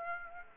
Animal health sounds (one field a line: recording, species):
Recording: mosquito wingbeat signal from an infrared sensor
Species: Aedes aegypti